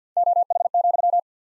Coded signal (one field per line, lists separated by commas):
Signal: Morse code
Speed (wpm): 50 wpm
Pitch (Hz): 700 Hz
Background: none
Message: OH,